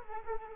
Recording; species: mosquito wingbeat signal from an infrared sensor; Culex quinquefasciatus